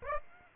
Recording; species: mosquito wingbeat signal from an infrared sensor; Aedes aegypti